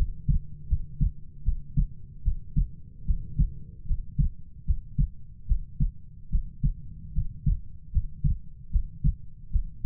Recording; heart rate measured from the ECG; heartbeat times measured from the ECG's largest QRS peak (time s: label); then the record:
heart sounds by stethoscope; 75 bpm
0.67 s: heartbeat
1.43 s: heartbeat
2.22 s: heartbeat
3.05 s: heartbeat
3.85 s: heartbeat
4.65 s: heartbeat
5.46 s: heartbeat
6.29 s: heartbeat
7.13 s: heartbeat
7.91 s: heartbeat
8.70 s: heartbeat
9.50 s: heartbeat
From the record:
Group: healthy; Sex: female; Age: 19 years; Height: 163 cm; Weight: 48.9 kg